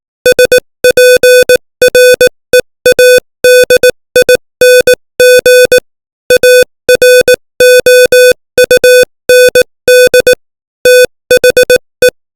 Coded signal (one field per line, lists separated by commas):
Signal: Morse code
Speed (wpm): 18 wpm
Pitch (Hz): 500 Hz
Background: music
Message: SPREADING AROUND THE